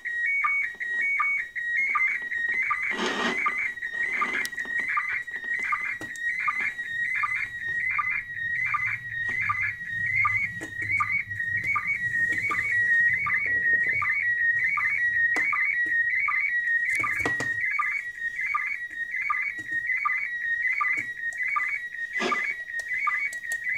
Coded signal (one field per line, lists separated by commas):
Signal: SSTV (slow-scan television)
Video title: Odbiór transmisji SSTV bezpośrednio ze stacji kosmicznej ISS